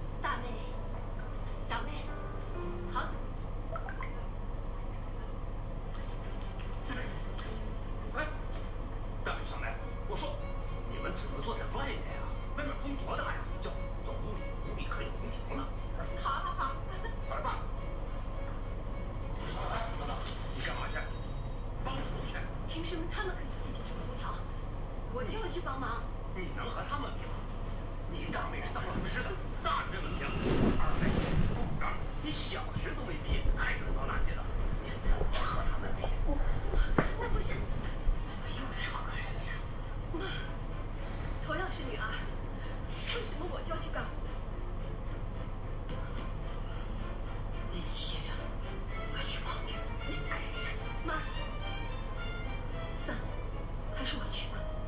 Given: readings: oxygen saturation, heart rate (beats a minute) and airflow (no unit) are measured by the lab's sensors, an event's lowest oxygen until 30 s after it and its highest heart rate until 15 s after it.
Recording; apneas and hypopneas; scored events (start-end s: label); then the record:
a person awake in a sleep study, by a smartphone at the bedside; none
0.00-54.88 s: awake
From the record:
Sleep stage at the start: awake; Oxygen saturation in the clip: 92 to 94%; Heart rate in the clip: 61 to 81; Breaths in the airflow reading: 15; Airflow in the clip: -10.1 to 13.5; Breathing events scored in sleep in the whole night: 476 in 9.7 hours asleep